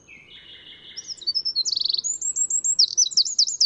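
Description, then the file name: Eurasian wren singing: soft lower notes open, then loud, very high trills and rapid chattering phrases build quickly toward the end. "Troglodytes troglodytes"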